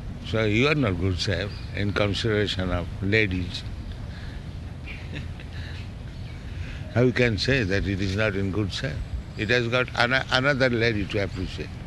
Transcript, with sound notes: So you are not good shape in consideration of ladies. [chuckling] How you can say that it is not in good shape? It has got another lady to appreciate.